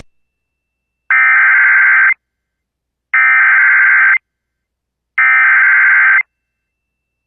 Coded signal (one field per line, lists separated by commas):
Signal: Emergency Alert System (SAME) tones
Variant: header bursts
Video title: Flash Flood Warning on WERX-FM (New EAS #378)